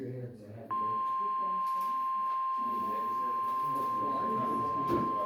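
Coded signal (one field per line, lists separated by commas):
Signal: Emergency Alert System (SAME) tones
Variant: 1050 Hz attention tone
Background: speech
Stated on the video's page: Statewide tornado drill broadcast on weather radio station KIH54.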